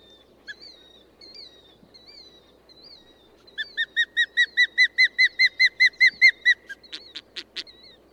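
Bird song: a few thin whistled notes, then a fast even series of many ringing notes, ending in several short buzzy bursts.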